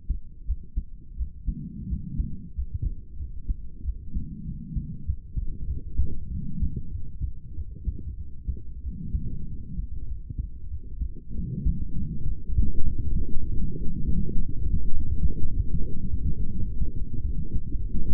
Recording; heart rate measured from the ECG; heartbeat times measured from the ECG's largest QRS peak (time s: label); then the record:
heart sounds by stethoscope; 97 bpm
0.46 s: heartbeat
1.17 s: heartbeat
1.89 s: heartbeat
2.55 s: heartbeat
3.18 s: heartbeat
3.84 s: heartbeat
4.46 s: heartbeat
5.06 s: heartbeat
5.67 s: heartbeat
6.30 s: heartbeat
6.92 s: heartbeat
7.56 s: heartbeat
8.17 s: heartbeat
8.83 s: heartbeat
9.47 s: heartbeat
10.08 s: heartbeat
10.70 s: heartbeat
11.35 s: heartbeat
11.96 s: heartbeat
12.56 s: heartbeat
13.16 s: heartbeat
13.77 s: heartbeat
14.36 s: heartbeat
14.94 s: heartbeat
15.52 s: heartbeat
16.10 s: heartbeat
16.67 s: heartbeat
17.24 s: heartbeat
17.80 s: heartbeat
From the record:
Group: healthy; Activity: rest 0-6 s, light exercise 6-18 s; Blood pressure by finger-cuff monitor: 121/70 mmHg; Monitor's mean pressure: 86 mmHg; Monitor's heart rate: 97 bpm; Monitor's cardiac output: 8.2 L/min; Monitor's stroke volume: 86 mL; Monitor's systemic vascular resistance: 700 dyn s/cm5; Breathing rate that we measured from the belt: 25 breaths a minute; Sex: female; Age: 22 years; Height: 163 cm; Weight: 67.1 kg